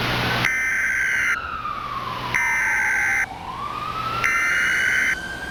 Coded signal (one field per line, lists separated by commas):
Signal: Emergency Alert System (SAME) tones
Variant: header bursts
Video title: [EAS SCENARIO] - Desolation